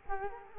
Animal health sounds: mosquito wingbeat signal from an infrared sensor; Culex quinquefasciatus

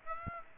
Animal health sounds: mosquito wingbeat signal from an infrared sensor; Aedes aegypti

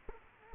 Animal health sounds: mosquito wingbeat signal from an infrared sensor; Culex quinquefasciatus

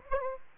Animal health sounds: mosquito wingbeat signal from an infrared sensor; Aedes aegypti

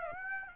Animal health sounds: mosquito wingbeat signal from an infrared sensor; Aedes aegypti

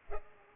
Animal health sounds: mosquito wingbeat signal from an infrared sensor; Culex pipiens

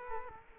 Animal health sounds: mosquito wingbeat signal from an infrared sensor; Culex quinquefasciatus

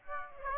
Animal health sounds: mosquito wingbeat signal from an infrared sensor; Aedes aegypti

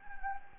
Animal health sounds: mosquito wingbeat signal from an infrared sensor; Anopheles gambiae

